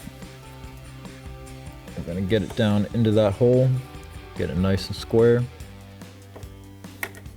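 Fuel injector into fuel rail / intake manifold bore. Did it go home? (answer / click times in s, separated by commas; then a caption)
yes / 7.0 s. A lubricated fuel injector with O-rings, from a 1996-2004 Mustang GT fuel injector kit, is pushed squarely into its bore in the fuel rail / intake manifold and wiggled into place while someone talks over background music. After the talk, a few soft knocks lead to a sharp, fast-decaying click at 7.0 s as the injector seats.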